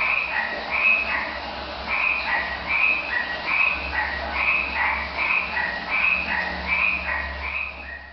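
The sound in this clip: Frogs calling in a chorus: short croaks repeated in quick succession by overlapping callers, over a low background hum.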